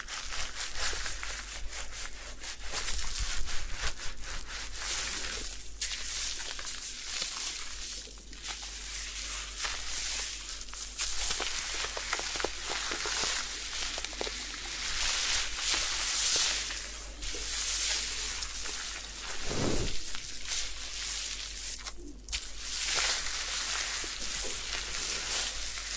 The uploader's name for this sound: Head Spa Hair Wash, Massage, Ear Cleaning